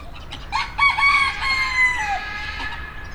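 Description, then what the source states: Rooster crowing: several rough stuttered syllables leading into a sustained hoarse note that falls away, with brief clucks after it. Recorded in 2010 in the farmyard section of Nyíregyháza Zoo.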